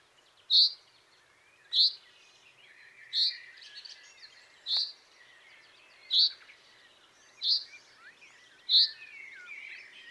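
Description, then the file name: Common chaffinch calling a sharp, bright single note repeated seven times at a slow, fairly even pace, with faint twittering behind. "Fringilla coelebs"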